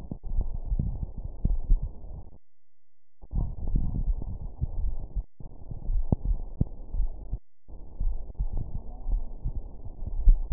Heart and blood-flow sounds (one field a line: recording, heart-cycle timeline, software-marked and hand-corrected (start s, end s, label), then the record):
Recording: heart sounds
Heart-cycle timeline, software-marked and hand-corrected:
not marked
From the record:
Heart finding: coronary artery disease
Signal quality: poor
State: rest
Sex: female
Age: 55 years